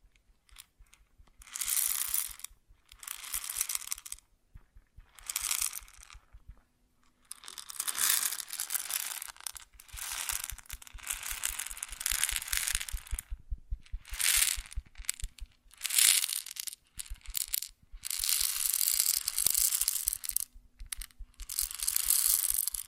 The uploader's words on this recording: ASMR Grain Sounds (No Talking).